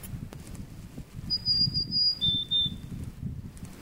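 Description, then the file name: Marsh tit giving one high, thin two-part call, a longer upper note followed by a lower one, over low background rumble. "ハシブトガラ"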